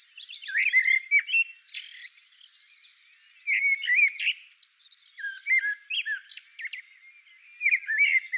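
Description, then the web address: Common blackbird song: mellow fluted phrases dipping and rising, each ending in thin squeaky twittering, delivered in short bursts with brief pauses between. "sammel Naturinspelningar Koltrast"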